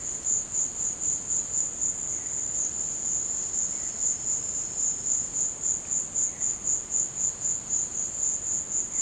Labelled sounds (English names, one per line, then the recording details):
none
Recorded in dense forest near Puerto Asís, Putumayo, Colombia, on 24 March 2025 at 15:30
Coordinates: 0.500, -76.322
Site GP06